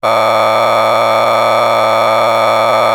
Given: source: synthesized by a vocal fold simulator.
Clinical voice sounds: sustained vowel; male; a random mix of aspiration noise, stiffness perturbation and strain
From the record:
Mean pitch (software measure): 111 Hz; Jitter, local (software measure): 3.75%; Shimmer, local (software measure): 8.1%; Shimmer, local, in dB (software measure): 0.75 dB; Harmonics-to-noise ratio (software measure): 4.8 dB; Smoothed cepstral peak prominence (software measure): 11.8 dB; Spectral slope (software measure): -12.5 dB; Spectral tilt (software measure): -10.1 dB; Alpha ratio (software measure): -3.0 dB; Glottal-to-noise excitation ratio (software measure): 0.962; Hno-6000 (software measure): 1.8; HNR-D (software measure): 18.0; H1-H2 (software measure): 1.1 dB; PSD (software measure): 1.5e-03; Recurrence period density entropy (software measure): 0.130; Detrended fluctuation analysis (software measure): 0.0311

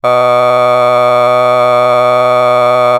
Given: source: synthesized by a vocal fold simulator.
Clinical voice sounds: sustained vowel; male; a random mix of aspiration noise, stiffness perturbation and strain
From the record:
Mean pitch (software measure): 123 Hz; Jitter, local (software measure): 0.76%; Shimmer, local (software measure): 3.7%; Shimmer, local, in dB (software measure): 0.33 dB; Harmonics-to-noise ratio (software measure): 19.6 dB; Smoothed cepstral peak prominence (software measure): 21.2 dB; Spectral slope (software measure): -14.2 dB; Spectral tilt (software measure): -9.6 dB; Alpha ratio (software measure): -4.6 dB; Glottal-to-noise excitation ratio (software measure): 0.994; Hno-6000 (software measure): 2.1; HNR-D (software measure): 31.2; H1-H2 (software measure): 1.3 dB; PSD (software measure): 8.1e-05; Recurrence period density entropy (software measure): 0.113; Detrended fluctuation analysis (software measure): 0.0304

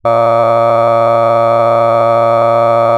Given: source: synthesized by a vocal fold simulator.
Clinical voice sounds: sustained vowel; male; cycle-to-cycle stiffness perturbation (roughness), level 6 of 10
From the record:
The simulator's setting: 3.46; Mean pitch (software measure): 115 Hz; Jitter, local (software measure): 1.67%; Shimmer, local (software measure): 6.8%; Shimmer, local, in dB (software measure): 0.56 dB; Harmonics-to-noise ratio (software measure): 14.9 dB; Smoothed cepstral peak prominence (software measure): 19.3 dB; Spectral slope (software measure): -17.1 dB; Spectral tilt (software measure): -11.8 dB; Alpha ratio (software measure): -7.5 dB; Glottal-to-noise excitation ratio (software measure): 0.994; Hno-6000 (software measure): 2.4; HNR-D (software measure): 22.6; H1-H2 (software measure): 5.0 dB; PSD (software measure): 1.2e-04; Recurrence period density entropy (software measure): 0.106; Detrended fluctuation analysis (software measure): 0.0549

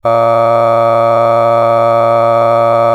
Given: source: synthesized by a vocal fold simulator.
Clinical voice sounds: sustained vowel; male; a random mix of aspiration noise, stiffness perturbation and strain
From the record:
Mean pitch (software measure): 115 Hz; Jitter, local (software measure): 1.50%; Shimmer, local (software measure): 5.9%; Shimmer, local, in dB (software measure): 0.50 dB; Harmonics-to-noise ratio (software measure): 15.3 dB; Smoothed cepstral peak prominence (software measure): 18.3 dB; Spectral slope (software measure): -17.0 dB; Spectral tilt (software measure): -11.3 dB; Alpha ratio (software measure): -7.5 dB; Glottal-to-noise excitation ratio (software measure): 0.985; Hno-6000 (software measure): 2.4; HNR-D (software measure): 22.2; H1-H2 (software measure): 5.0 dB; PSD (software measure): 1.0e-04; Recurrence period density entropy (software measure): 0.106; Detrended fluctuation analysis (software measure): 0.0544

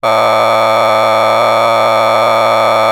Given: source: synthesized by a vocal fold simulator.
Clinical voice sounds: sustained vowel; male; a random mix of aspiration noise, stiffness perturbation and strain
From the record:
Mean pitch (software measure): 111 Hz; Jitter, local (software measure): 3.09%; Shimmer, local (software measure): 4.3%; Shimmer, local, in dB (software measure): 0.41 dB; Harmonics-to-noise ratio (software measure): 6.1 dB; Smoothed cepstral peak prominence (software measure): 12.9 dB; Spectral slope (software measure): -12.7 dB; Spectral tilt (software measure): -10.1 dB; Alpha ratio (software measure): -3.1 dB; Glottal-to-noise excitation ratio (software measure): 0.981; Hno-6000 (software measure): 1.8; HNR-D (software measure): 19.2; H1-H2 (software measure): 0.8 dB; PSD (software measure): 2.7e-04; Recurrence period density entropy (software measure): 0.128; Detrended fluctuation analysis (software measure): 0.0322

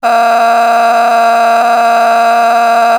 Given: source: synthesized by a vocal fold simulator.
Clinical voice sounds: sustained vowel; female; a random mix of aspiration noise, stiffness perturbation and strain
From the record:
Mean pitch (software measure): 232 Hz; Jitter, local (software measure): 1.76%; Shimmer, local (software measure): 8.5%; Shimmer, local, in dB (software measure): 0.75 dB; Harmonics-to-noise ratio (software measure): 12.4 dB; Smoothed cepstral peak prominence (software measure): 13.3 dB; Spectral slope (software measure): -17.5 dB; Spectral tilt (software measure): -8.7 dB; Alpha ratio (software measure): -8.0 dB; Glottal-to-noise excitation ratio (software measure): 0.888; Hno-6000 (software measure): 1.8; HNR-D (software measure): 33.5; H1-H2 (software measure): -4.9 dB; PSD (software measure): 8.8e-05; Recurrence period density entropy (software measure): 0.121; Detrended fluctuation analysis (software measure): 0.0104

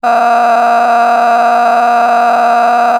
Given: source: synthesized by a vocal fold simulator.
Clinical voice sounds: sustained vowel; female; a random mix of aspiration noise, stiffness perturbation and strain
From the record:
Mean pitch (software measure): 236 Hz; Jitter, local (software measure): 2.30%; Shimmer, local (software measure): 13.0%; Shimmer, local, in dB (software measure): 1.14 dB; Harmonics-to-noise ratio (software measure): 11.2 dB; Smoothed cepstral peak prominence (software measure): 12.7 dB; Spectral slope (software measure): -18.1 dB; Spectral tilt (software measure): -10.3 dB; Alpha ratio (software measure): -8.6 dB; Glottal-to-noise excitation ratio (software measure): 0.935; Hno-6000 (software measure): 1.9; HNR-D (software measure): 32.4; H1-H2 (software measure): -1.5 dB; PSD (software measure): 1.1e-04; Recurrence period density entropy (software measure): 0.116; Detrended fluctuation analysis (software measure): 0.0133

